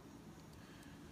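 While reassembling the gimbal of a DJI Mavic drone, the silver flex-cable connector is handled and pressed toward its socket on the board. Only a steady low background hum is heard, with faint brief high ticks and no sharp snap. Nothing has seated or clicked yet.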